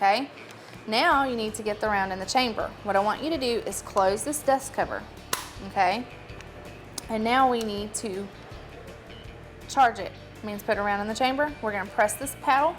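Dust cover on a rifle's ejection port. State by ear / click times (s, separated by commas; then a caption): seated / 7.0 s. A hinged metal dust cover on the ejection port of a CO2-converted training rifle is closed by the shooter on instruction, snapping shut with a short, sharp click at 7.0 s, preceded by a softer tick at 6.4 s. Someone talks throughout, over faint background music.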